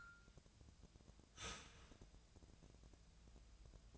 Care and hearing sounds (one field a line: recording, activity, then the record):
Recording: daily activity, microphone in the room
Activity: start toaster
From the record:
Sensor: 2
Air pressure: 1000.0 hPa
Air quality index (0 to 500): 149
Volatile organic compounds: 2 ppm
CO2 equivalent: 1262 ppm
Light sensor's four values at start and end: 25/64/27/29 and 25/64/27/29